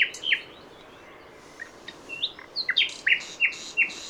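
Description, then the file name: Common nightingale giving scattered sharp notes and brief whistles, spaced irregularly with quiet gaps, against background hiss. "Luscinia megarhynchos"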